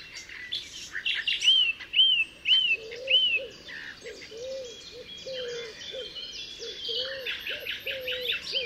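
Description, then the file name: Common nightingale song with slurred whistled notes and buzzy phrases, while a low repeated cooing, likely a dove, runs underneath from the third second. Altmühlsee, Germany, 27 April 2014. "Nachtigall. Altmuehlsee. Susanne Rieck"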